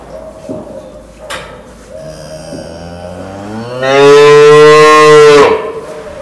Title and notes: Besnate - Cascina Pasque' - 20181211-Fattoria con oche e piccioni - Le serrande che sbattono sono le strutture delle mangiatorie delle mucche che non sono ciarliere specialmente quando leccano cubi di sale